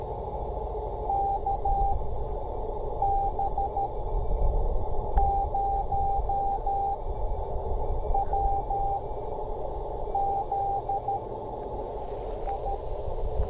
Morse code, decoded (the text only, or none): KB0WZI